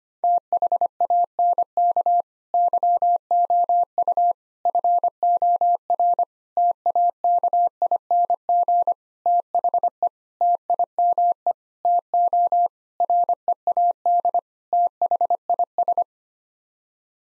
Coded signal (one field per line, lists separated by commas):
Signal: Morse code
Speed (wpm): 25 wpm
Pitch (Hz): 700 Hz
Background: none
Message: THANK YOU FOR TAKING THE TIME TO READ THIS